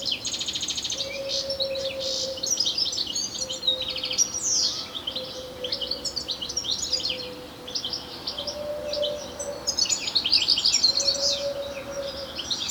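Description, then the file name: European goldfinch twittering calls, a dense run of high tinkling chirps and buzzy notes, with a steady low hum sounding at intervals underneath. "Carduelis carduelis"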